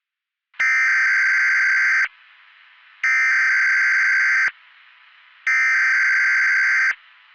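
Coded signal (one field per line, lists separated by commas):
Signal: Emergency Alert System (SAME) tones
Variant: header bursts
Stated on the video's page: Fictional EAS scenario, not a real alert.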